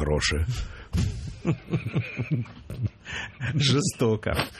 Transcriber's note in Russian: Смеется